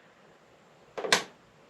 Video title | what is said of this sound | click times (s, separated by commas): Yamaha DXS18XLF Driver Replacement & Removing Stuck XLR from Electro-Voice ELX200-12P | it almost like clicks back into place | 1.1 s